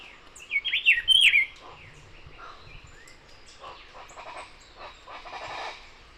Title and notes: 28 de marzo del año 2026, en Barichara, Santander, Colombia. 6:00 a.m. en primer plano un Cyclarhis gujanensis o Vireón cejirrufo, un grupo de Ortalis columbianas o Guacharacas y varios Machetornis rixosa o Sirirís bueyeros